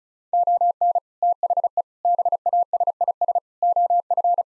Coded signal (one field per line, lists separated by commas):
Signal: Morse code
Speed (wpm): 36 wpm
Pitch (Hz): 700 Hz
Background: none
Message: ON THE BASIS OF